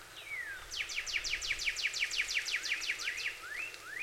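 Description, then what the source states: Cardinal song: a falling slurred whistle, then a long rapid run of sharp, high repeated notes, closing with two rising whistles. More than one cardinal, recorded on 26 April 2019.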